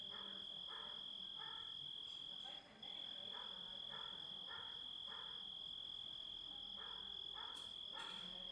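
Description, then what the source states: Grasshoppers: a steady shrill tone over regular buzzy rasps, pausing briefly, then resuming. Composite of grasshopper sounds.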